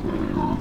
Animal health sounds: contact call of a hoofed animal; wild boar; grunt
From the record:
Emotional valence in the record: negative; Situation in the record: naturally occurring agonistic interactions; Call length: 0.61 s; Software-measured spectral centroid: 1130 Hz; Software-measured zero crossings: 930 a second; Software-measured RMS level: -24 dBFS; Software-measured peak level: -11 dBFS

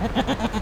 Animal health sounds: contact call of a hoofed animal; goat; low-frequency (closed-mouth) or high-frequency (open-mouth) call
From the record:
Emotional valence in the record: negative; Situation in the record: short social isolation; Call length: 0.61 s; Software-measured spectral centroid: 1880 Hz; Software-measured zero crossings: 1450 a second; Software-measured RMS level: -24 dBFS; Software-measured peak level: -10 dBFS

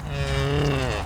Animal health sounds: contact call of a hoofed animal; cattle; low-frequency (closed-mouth) or high-frequency (open-mouth) call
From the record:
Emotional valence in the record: negative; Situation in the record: full separation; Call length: 1.06 s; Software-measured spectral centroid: 2340 Hz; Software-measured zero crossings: 1710 a second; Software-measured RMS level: -24 dBFS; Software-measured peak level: -11 dBFS

